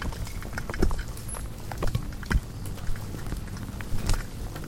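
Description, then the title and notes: Insects tapping and ticking in irregular bursts, with several louder knocks over a steady low droning hum. Hundreds of bugs frantically congregating around the only light at night, a porch bulb on a savannah wildlife ranch at Mmabolela, South Africa, November 2016; mix of six mics including miniature omnis; Zoom F8. "One Lightbulb. Hundreds of bugs are frantically congregating around the sole light source present at night, a bulb hanging on the porch of a wildlife ranch in South Africa. Angélica Castelló"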